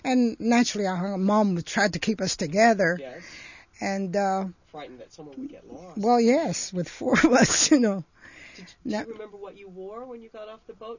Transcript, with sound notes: And naturally our Mom would try to keep us together and, uh....
Yes, frightened that someone would get lost.
Well, yes, with four of us (she laughs)
Do you remember what you wore when you got off the boat?